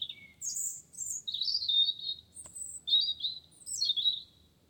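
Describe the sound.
Wren song: a rapid run of high, thin warbled notes, sliding up and down in quick phrases, with a brief click midway.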